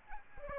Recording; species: mosquito wingbeat signal from an infrared sensor; Aedes aegypti